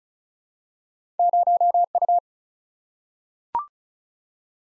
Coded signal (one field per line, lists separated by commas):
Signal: Morse code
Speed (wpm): 36 wpm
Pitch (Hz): 700 Hz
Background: none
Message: 0U